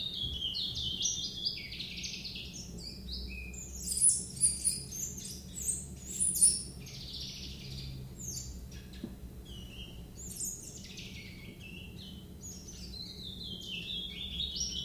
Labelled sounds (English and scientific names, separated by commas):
Willow Warbler (Phylloscopus trochilus)